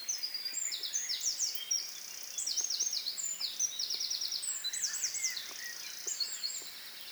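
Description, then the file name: Eurasian wren singing a long string of high swooping notes and fast trills, with faint ticking and steady hiss beneath. "Troglodytes troglodytes"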